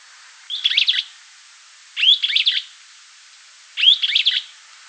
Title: LuckyPassaro Completos2Sama. Streaked Flycatcher (Myiodynastes maculatus)